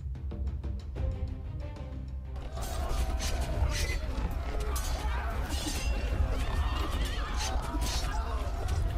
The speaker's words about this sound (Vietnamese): Một màn giao tranh hỗn loạn, tiếng ngựa hí, tiếng đao gươm va chạm, tiếng hô hoán gào giết. Tất cả tạo ra sự hỗn loạn của một trận chiến vô cùng hoành tráng.